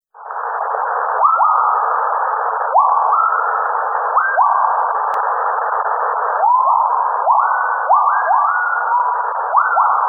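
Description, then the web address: Gibbons calling with a long, uneven series of upward-swooping notes that level off and hold steady, over a continuous hiss. Two gibbons. "alex audio two gibbons"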